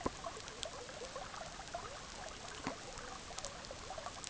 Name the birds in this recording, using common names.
none